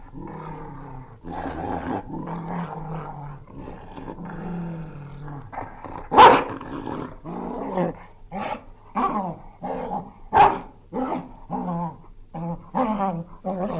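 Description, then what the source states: English springer spaniel snarling and growling in rough, voiced bursts, broken by two sharp snaps or barks, with irregular pauses between the outbursts. Angry dog, snarling.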